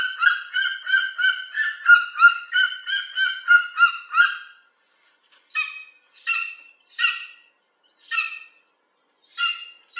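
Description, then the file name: Golden eagle yelping calls: a fast run of harmonic, slightly falling notes, then a pause and several spaced, sharper yelps. "orzelprzedni"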